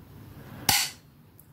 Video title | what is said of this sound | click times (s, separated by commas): So how DO you make a model steam engine? 🤔 (full series in one vid) | and when you hear the pop and the popper of it | 0.7 s